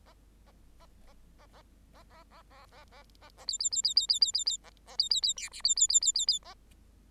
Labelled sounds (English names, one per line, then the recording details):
Bengalese Finch song
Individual Bird8